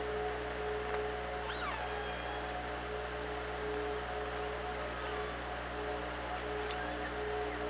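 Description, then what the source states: Killer whale calls, a bending squeal after a second and a half and a brief, sharp call near the end, over steady hum. OrcaLab hydrophone, 24 August 2017, 16:30.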